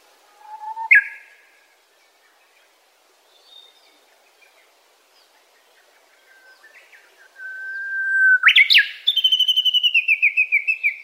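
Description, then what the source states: Japanese bush warbler song: a short low note, a pause, then a long steady whistle ending in a sharp flourish, followed by a fast train of repeated descending notes. Recorded at Daigenji Plateau, Niigata Prefecture, Japan.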